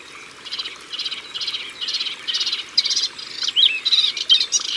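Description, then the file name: Melodious warbler song, a fast chattering run of scratchy, twittering high notes in short bursts, growing more varied and whistled toward the end. Recorded at the water's edge. "Hypolais polyglotte Au bord de leau"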